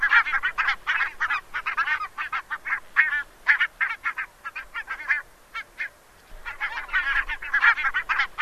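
Bird: goose-like honking flock, harsh nasal calls tumbling over one another, with a brief pause around six seconds before the calling resumes.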